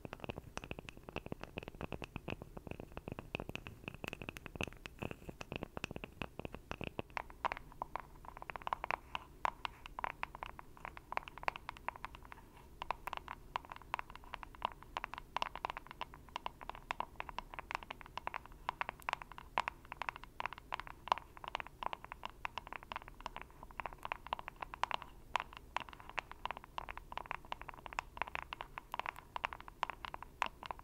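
Rapid, dense tapping runs throughout, many sharp clicks tumbling over one another with no steady beat. For the first seven seconds a low rumble and a bright ringing tone sit underneath; after that the rumble drops away and a steady mid hum carries on beneath the taps.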